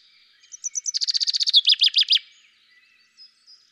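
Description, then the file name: Common chaffinch song: a few high notes, then a fast, slightly descending trill and a closing flourish of down-slurred phrases, all in about two seconds. "Fringilla coelebs"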